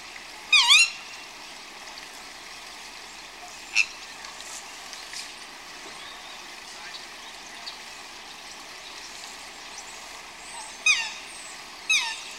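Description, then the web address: Bird giving a few down-slurred whistled calls at the start and again near the end, with long quiet stretches of background hiss between. "Звуки природы - птицы"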